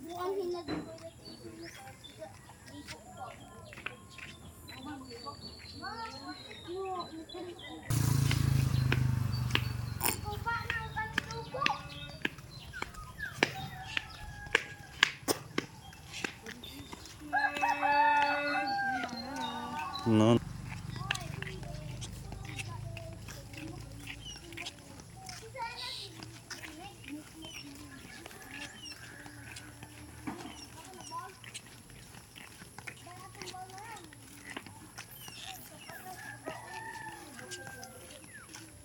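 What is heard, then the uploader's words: Children walk along the street with friends, their voices chattering on and off throughout. Around eight seconds a loud low rumble swells in, likely a passing vehicle, with sharp clicks and a brief tonal burst near eighteen seconds before it fades at twenty. The children that are walking in the street with friends, going to school or going to their houses.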